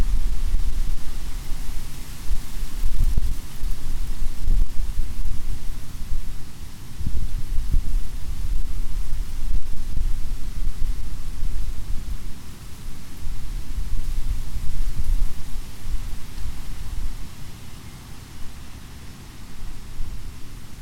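Wind moves through an oak and hickory stand beside a mill pond, a steady hiss with a heavy low rumble underneath. Gusts swell and buffet around 3 and 7.5 seconds, and the roar stays dense and continuous throughout.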